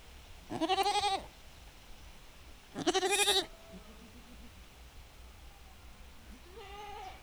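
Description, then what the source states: Goat bleating: two loud, pulsing bleats close together, then a faint, thin bleat after a pause, over steady wind hiss. Domestic goats in a farmyard, calling back and forth in a dialogue in the wind.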